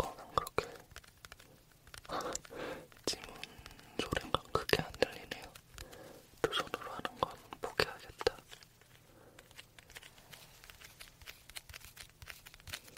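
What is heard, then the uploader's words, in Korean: Fingertips tap objects in quick, irregular bursts, sharp clicks mixed with soft puffy sounds, busiest early on and thinning toward the end. ASMR 다양한 사물 소리 모음(탭핑, 퍼프소리, 지문 탭핑) tapping , puff sound , fingertips tapping sound.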